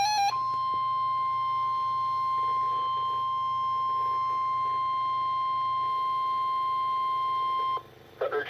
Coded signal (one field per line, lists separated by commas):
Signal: Emergency Alert System (SAME) tones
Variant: 1050 Hz attention tone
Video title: November 5th 2017 Severe Weather Outbreak! 6 EAS Alerts + STORM FOOTAGE